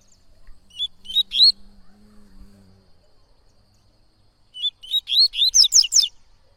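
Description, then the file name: Coleiro-baiano singing two phrases of whistled notes, the second longer, both climbing toward high sharp notes. Singing a lot; tui-tui song style. "Coleiro Baiano Cantando Muito Canto Tui Tui"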